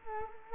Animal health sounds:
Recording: mosquito wingbeat signal from an infrared sensor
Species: Culex quinquefasciatus

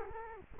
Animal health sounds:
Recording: mosquito wingbeat signal from an infrared sensor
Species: Culex quinquefasciatus

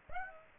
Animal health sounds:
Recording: mosquito wingbeat signal from an infrared sensor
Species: Aedes aegypti

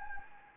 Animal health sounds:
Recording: mosquito wingbeat signal from an infrared sensor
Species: Anopheles gambiae

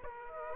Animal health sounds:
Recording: mosquito wingbeat signal from an infrared sensor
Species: Aedes aegypti

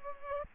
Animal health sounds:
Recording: mosquito wingbeat signal from an infrared sensor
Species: Culex pipiens

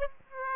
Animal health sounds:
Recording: mosquito wingbeat signal from an infrared sensor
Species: Aedes aegypti

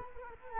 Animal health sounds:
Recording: mosquito wingbeat signal from an infrared sensor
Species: Culex quinquefasciatus

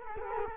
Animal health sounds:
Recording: mosquito wingbeat signal from an infrared sensor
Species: Culex quinquefasciatus

